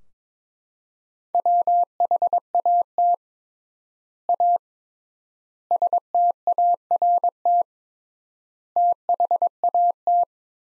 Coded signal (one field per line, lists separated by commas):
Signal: Morse code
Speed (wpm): 22 wpm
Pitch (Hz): 700 Hz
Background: none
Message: WHAT A START THAT